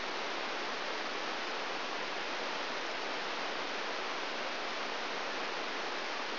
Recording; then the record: brain microelectrode recording played as sound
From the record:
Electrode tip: outside the subthalamic nucleus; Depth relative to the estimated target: 4.5 mm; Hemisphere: right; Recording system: AlphaMap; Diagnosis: Parkinson's disease